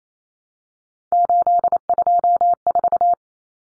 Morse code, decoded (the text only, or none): 824